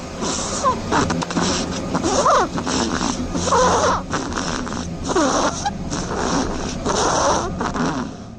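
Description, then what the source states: Hazel dormouse snoring: a slow, irregular series of rough, breathy snorts. Snoring hazel dormouse; recording played back.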